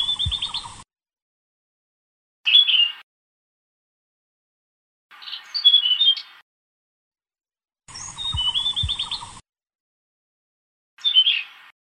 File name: kicau sikatan blue throated. omkicau